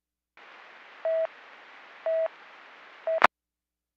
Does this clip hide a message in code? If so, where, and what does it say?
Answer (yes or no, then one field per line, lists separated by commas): no